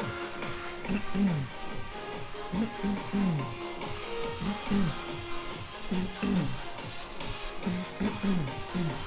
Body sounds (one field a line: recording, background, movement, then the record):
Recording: throat clearing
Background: music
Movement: walking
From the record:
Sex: male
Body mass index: 20.5 kg/m2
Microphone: on the chest, facing outward